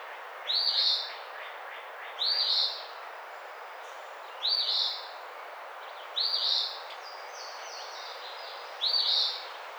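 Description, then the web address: Eastern phoebe repeating a hoarse, burry phrase five times at slightly uneven intervals. Recorded on 28 April 2009. "Eastern Phoebe 2009 04 28"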